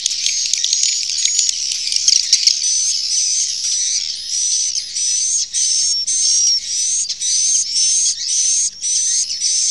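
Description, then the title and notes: Swiftlet chirps, dense high twitter at first, then settling into evenly spaced bursts with short thin whistles between. Used in swiftlet farming in Asia. "Swiflet Bird Sound. Farming Swiflet Bird asia sound"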